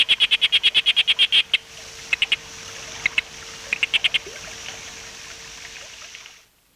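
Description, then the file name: Sharp-snouted day frog calling, a fast series of short clicking notes, then scattered bursts of clicks, over a steady background hum. "Taudactylus acutirostris"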